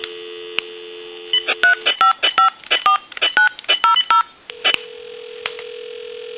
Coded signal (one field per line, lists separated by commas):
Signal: DTMF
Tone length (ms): 120 ms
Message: 3554900